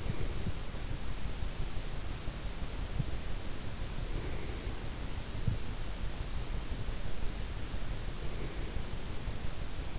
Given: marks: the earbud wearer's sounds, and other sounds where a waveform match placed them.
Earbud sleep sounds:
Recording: sounds in sleep by an in-ear microphone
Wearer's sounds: breath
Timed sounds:
0.00-0.61 s: breath
4.11-4.92 s: breath
8.20-9.09 s: breath

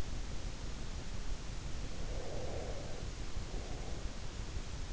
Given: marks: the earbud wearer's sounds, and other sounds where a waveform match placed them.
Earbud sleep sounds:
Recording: sounds in sleep by an in-ear microphone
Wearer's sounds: breath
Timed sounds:
1.68-4.18 s: breath

